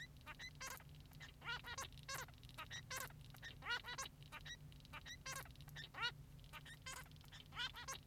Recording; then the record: song of a male Bengalese finch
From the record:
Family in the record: son of father 3